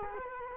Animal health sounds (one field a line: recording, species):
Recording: mosquito wingbeat signal from an infrared sensor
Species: Culex quinquefasciatus